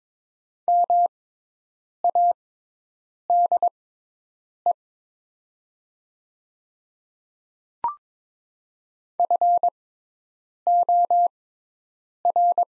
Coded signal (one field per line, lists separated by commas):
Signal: Morse code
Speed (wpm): 22 wpm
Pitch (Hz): 700 Hz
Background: none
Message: MADE FOR